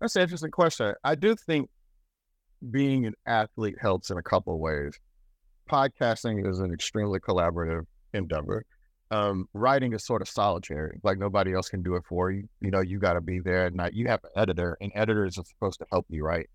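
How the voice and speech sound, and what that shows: A man speaks fluently at a relaxed conversational pace, with ordinary voice quality and natural pauses.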